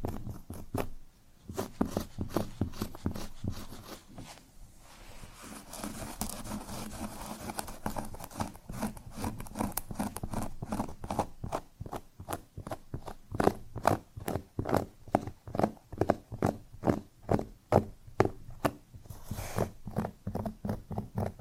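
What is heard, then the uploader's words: Scratching on cork in quick, rough strokes, loosely spaced at first, then a denser, rhythmic run of sharp scrapes from around twelve seconds on. Scratching on Cork (NO TALKING).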